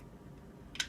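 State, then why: Torque reached. A click-type torque wrench, set by loosening and turning the wheel on its bottom, is pushed on by the handle until it reaches its set torque. After a low, steady background, a faint tick comes at 0.75 s and a sharp, bright click follows at 0.8 s. The click shows the wrench has reached its setting and the fastener is torqued to spec.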